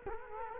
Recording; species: mosquito wingbeat signal from an infrared sensor; Culex quinquefasciatus